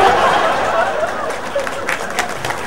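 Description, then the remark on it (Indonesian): An audience applauding steadily, a dense wash of many hands clapping at an even loudness, with crowd chatter and scattered voices mixed into the clapping throughout. “Nah, ini tepuk tangan tuh ciri-ciri dengki, Pak.”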